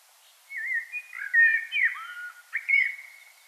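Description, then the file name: Common blackbird song: rich fluty whistles rising and falling, a brief pause, then a final bright warbled note. "Turdus merula"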